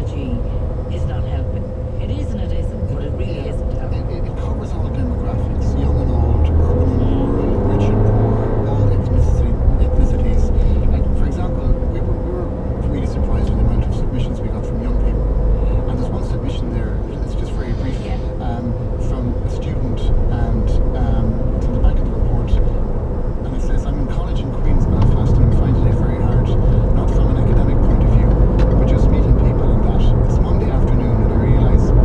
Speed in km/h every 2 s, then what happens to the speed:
22, 23, 29, 41, 47, 40, 40, 43, 41, 40, 43, 46, 48, 49, 57, 62.
0-6 speeds up to 41. 6-19 steady at about 41. 19-32 speeds up to 62.